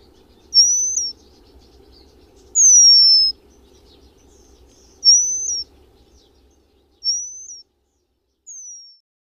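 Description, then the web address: Eurasian penduline tit song: five thin, high whistled notes about two seconds apart, some rising then flicking down, others falling, over a faint low hum. "agykontroll Madardalok Cd 3. Függőcinege"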